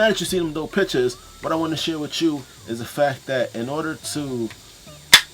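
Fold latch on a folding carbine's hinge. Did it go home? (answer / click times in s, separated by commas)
released / 5.1 s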